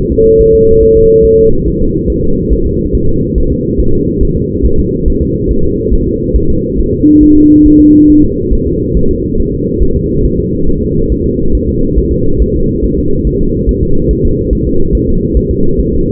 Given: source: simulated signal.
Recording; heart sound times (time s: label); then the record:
fetal heart sounds
0.12 s: S2
0.41 s: S1
0.55 s: S2
0.83 s: S1
0.97 s: S2
1.25 s: S1
1.39 s: S2
1.68 s: S1
1.81 s: S2
2.10 s: S1
2.24 s: S2
2.53 s: S1
2.66 s: S2
2.95 s: S1
3.09 s: S2
3.38 s: S1
3.52 s: S2
3.80 s: S1
3.94 s: S2
4.23 s: S1
4.37 s: S2
4.66 s: S1
4.79 s: S2
5.08 s: S1
5.22 s: S2
5.51 s: S1
5.65 s: S2
5.93 s: S1
6.07 s: S2
6.36 s: S1
6.50 s: S2
6.79 s: S1
6.93 s: S2
7.23 s: S1
7.37 s: S2
7.66 s: S1
7.80 s: S2
8.10 s: S1
8.24 s: S2
8.53 s: S1
8.67 s: S2
8.97 s: S1
9.11 s: S2
9.40 s: S1
9.54 s: S2
9.83 s: S1
9.97 s: S2
10.25 s: S1
10.39 s: S2
10.69 s: S1
10.83 s: S2
11.12 s: S1
11.26 s: S2
11.55 s: S1
11.69 s: S2
11.99 s: S1
12.12 s: S2
12.42 s: S1
12.56 s: S2
12.84 s: S1
12.98 s: S2
13.27 s: S1
13.41 s: S2
13.69 s: S1
13.83 s: S2
14.11 s: S1
14.25 s: S2
14.53 s: S1
14.67 s: S2
14.95 s: S1
15.09 s: S2
15.37 s: S1
15.51 s: S2
15.79 s: S1
15.93 s: S2
From the record:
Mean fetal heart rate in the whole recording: 140 bpm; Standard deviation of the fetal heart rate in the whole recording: 2 bpm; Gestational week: 34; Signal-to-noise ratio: -17.7 dB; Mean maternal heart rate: 72 bpm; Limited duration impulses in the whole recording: present